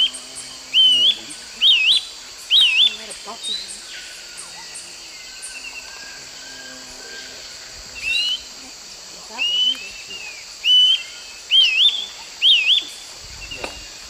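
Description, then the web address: Grey-crowned flycatcher song: short, high zigzag notes given in loose series roughly once a second, with a steady high drone behind. Song; eastern lowlands of South America. "Natures Songs S America Eastern Lowlands Tolmomyias poliocephalus, song"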